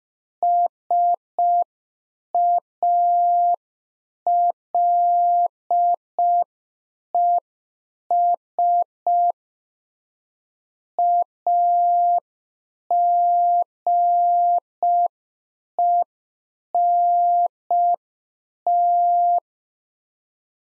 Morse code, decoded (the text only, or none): SALES AGENT